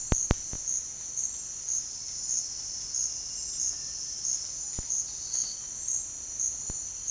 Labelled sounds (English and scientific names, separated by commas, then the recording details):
Cinereous Tinamou (Crypturellus cinereus)
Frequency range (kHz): Cinereous Tinamou (Crypturellus cinereus) 1.3-2.1 kHz
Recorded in dense forest near Puerto Asís, Putumayo, Colombia, on 21 February 2024 at 07:00
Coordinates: 0.485, -76.322
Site G6406